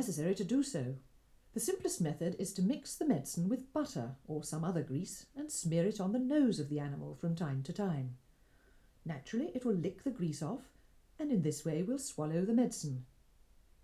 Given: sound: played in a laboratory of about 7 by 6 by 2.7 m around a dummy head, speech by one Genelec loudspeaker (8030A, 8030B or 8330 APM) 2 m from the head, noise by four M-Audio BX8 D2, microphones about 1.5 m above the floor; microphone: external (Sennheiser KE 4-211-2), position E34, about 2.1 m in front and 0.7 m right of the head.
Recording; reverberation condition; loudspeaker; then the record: female speech in English; low; 30 degrees to the right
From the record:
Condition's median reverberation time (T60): about 310 ms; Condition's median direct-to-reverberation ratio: about 3.5 dB